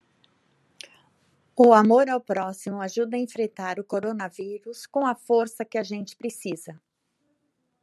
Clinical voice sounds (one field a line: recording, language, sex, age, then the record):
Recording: spoken sentence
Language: Brazilian Portuguese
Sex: female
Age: 50 to 59 years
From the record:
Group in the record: control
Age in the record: 59 years